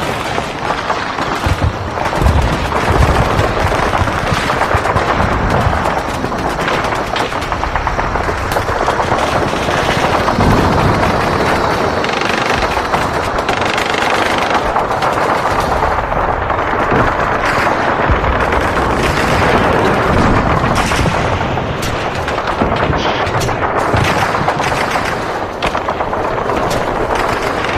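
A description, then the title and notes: Dense, continuous gunfire and explosions in a warzone, with rapid bursts layered over a constant low rumble for the whole stretch. Warzone Explosions.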